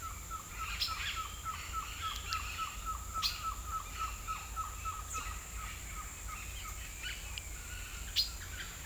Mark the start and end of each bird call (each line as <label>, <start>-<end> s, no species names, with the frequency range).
bird call (0.9-2.1 kHz), 0.00-7.17 s